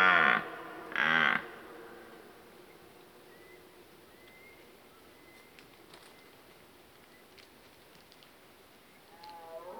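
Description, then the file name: Red deer giving two brief, loud, harsh bellows at the start, followed by near silence with a faint thin whistle. Old stag bellowing during the rut. "Burlen 10 oud hert"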